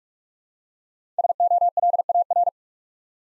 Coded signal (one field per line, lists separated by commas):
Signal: Morse code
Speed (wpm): 44 wpm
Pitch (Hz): 700 Hz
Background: none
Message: SOLAR